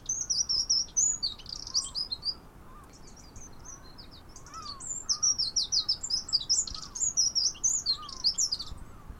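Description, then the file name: Eurasian wren: a hurried, piercing series of trills and sharp notes, pausing briefly before resuming loudly to the end. A soft lower warble sits behind it. "Troglodytes troglodytes"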